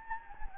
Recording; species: mosquito wingbeat signal from an infrared sensor; Anopheles gambiae